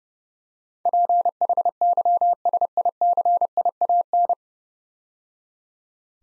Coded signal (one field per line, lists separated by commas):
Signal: Morse code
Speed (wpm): 30 wpm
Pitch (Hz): 700 Hz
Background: none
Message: PHYSICIAN